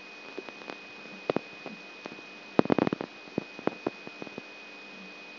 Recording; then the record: brain microelectrode recording played as sound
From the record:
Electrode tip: outside the subthalamic nucleus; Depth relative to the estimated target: -6 mm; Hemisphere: left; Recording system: AlphaMap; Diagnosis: Parkinson's disease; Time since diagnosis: 19 years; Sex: male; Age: 59 years